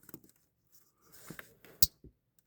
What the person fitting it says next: You hear that? Snap. She plugged in all the way.